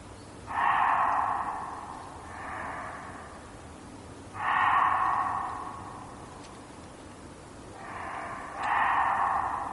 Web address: reevess muntjac